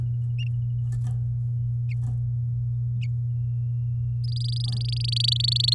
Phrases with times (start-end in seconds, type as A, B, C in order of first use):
4.24-5.74 A